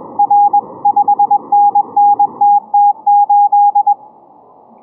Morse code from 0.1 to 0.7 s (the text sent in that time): R